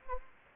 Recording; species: mosquito wingbeat signal from an infrared sensor; Anopheles gambiae